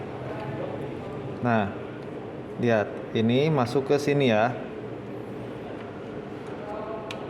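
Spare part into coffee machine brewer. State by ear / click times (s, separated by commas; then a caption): seated / 7.1 s. A replacement plastic spare part is slid into a coffee machine brewer while someone talks. A faint, short click is heard at 7.1 s as the part seats.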